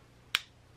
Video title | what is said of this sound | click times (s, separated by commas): HadesOmega Solar Garage Project Episode 122 - Making Extension Cable with Bouge RV MC4 Connector Kit | there you go see he heard it click so that means that's good to go | 0.3 s